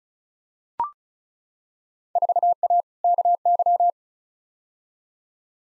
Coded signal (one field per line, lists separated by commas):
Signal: Morse code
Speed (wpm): 36 wpm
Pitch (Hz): 700 Hz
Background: none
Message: 4A KY